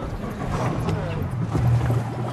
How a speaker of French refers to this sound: Voilà le bateau, on va embarquer. Ça ne va pas glisser parce que c'est mouillé. Hein. Tenez-vous à la rambarde là-haut, regardez.